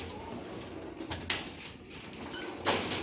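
A screen door on its newly installed, freshly adjusted closer is opened and allowed to swing shut, giving a soft bump at 1.1 s and then a loud, sharp knock against the frame at 1.3 s. The door closes flush and seats at 1.3 s, and another broadband sound follows around 2.7 s.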